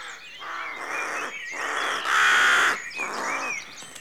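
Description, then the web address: Several rooks caw continuously in overlapping hoarse, grating calls, one loud prolonged caw in the middle, with faint twittering birds above. Rookery at dawn in a rural setting; outdoor atmosphere. "BBC Sound Effects Library. Rookery Dawn"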